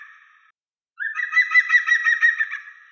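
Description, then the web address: European green woodpecker call: a fading note, a brief pause, then a loud ringing laugh of rapid repeated notes lasting about two seconds. "Picus viridis"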